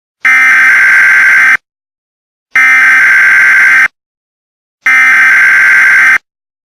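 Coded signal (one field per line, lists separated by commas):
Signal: Emergency Alert System (SAME) tones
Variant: header bursts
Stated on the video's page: Fictional EAS scenario about nuclear chaos in Oklahoma and an abduction in Maine.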